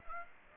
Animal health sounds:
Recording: mosquito wingbeat signal from an infrared sensor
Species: Aedes aegypti

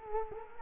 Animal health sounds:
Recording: mosquito wingbeat signal from an infrared sensor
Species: Culex quinquefasciatus

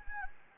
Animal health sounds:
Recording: mosquito wingbeat signal from an infrared sensor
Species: Anopheles gambiae

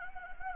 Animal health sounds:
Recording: mosquito wingbeat signal from an infrared sensor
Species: Anopheles gambiae

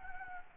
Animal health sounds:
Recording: mosquito wingbeat signal from an infrared sensor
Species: Anopheles gambiae

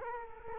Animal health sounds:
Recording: mosquito wingbeat signal from an infrared sensor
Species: Culex quinquefasciatus

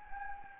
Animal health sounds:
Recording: mosquito wingbeat signal from an infrared sensor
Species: Anopheles gambiae

